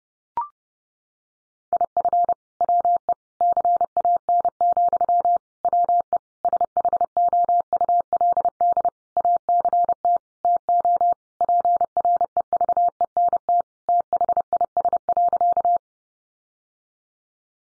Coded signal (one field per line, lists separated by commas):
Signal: Morse code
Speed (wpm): 30 wpm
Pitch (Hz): 700 Hz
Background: none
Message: IF WE CAN, WE SHOULD ACT TO PREVENT THIS.